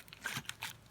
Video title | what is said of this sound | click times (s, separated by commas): How to change brakes Kia Forte 2011 | you can hear the click. | 0.5 s